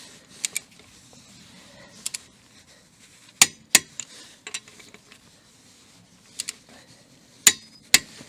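Wheel bolts on a steel or alloy rim are tightened into the hub with a preset torque wrench set to its maximum torque. Faint ratcheting ticks lead up to sharp, loud metallic clicks at 3.4, 3.8, 7.5 and 8.0 seconds as the wrench releases at the set torque.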